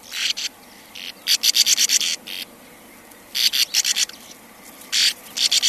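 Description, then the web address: Sand martin calls as harsh, grating buzzes in quick clusters of short rasps, pausing briefly between groups. "earth naturelibrary sand martin"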